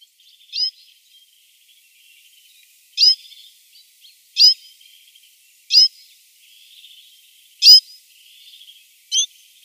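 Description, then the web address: Citril finch calls: six brief, high-pitched notes given at irregular intervals, with soft chatter in the gaps. "Schulze Peter Citril Finch calls"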